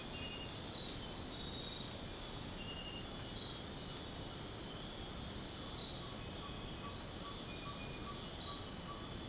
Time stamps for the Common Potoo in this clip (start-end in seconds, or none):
none